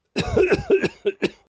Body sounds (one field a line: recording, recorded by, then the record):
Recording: voluntary cough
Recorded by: messaging app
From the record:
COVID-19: negative